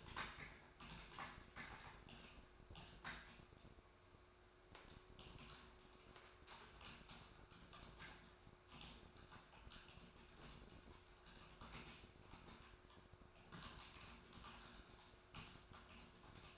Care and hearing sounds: daily activity, microphone in the room; typing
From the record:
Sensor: 2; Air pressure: 1004.3 hPa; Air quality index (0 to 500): 188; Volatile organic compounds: 10 ppm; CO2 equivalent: 2250 ppm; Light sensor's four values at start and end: 4/11/4/4 and 4/11/4/4

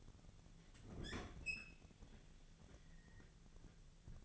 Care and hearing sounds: daily activity, microphone in the room; open fridge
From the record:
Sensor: 4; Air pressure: 1000.9 hPa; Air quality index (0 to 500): 128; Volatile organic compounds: 1 ppm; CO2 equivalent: 958 ppm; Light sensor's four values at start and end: 27/65/28/31 and 25/59/25/28

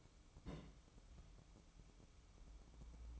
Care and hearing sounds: daily activity, microphone in the room; place on stove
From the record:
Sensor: 1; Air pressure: 1008.1 hPa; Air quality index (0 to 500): 133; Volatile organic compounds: 2 ppm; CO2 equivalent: 1120 ppm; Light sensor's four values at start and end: 8/19/8/8 and 8/19/8/8

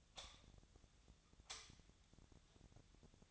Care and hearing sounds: daily activity, microphone in the room; light on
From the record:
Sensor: 3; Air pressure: 1009.8 hPa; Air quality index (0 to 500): 190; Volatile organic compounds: 14 ppm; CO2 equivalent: 2472 ppm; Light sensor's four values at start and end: 39/98/42/45 and 45/118/50/52

